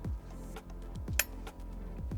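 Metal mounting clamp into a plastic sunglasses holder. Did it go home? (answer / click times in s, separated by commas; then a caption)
yes / 1.2 s. A second metal clamp is slid into the other side of a plastic sunglasses holder for a 4Runner, over steady background music. Faint scraping taps lead up to one sharp, bright click at 1.2 s as the clamp seats in the holder.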